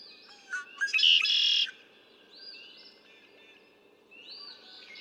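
Red-winged blackbird song: stuttering notes and a loud buzzy trill, followed by softer whistled notes.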